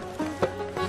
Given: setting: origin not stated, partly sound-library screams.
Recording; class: one-second piece from a danger detection set; normal situation